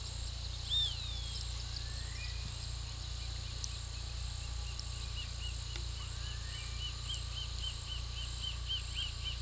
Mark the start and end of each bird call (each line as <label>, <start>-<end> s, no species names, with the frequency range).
bird call (1.9-6.0 kHz), 0.67-1.32 s
bird call (1.6-3.3 kHz), 4.20-9.42 s